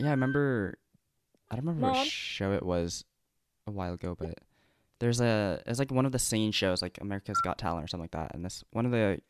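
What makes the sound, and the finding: Adult speaker. Normal speech.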